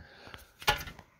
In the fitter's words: it's gonna probably just push back down and pop into place there